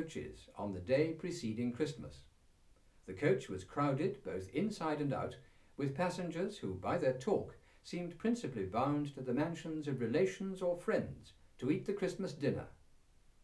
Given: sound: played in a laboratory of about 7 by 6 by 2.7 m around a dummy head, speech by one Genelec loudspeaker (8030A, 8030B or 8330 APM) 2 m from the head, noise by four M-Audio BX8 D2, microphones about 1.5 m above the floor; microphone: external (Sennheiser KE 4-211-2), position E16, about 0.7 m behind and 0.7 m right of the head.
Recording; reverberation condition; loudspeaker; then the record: male speech in English; low; 90 degrees to the left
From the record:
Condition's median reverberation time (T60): about 310 ms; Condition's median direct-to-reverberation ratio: about 3.5 dB